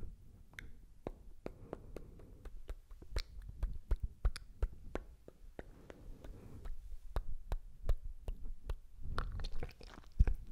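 Wet mouth sounds and slick oily hand noises: sharp clicks and smacks arrive about two or three times a second over a soft, low squelching rumble. Near the end the rubbing grows denser and brighter before a few final clicks.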